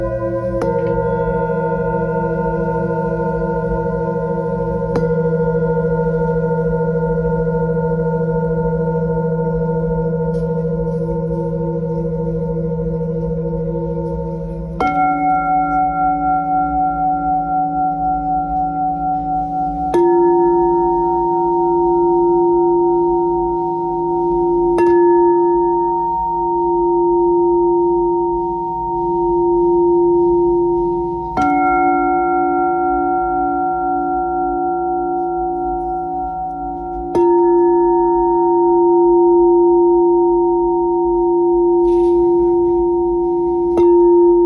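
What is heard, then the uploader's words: Three Tibetan singing bowls ring in long, sustained tones, one giving way to another about every five to fifteen seconds with a soft strike. Low and mid pitches hum steadily with a slow, wavering pulse, while brighter overtones shimmer above and fade after each strike. Here I play three Tibetan Singing Bowls.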